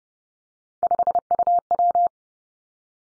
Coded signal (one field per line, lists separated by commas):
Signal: Morse code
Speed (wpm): 30 wpm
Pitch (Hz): 700 Hz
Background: none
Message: 5UW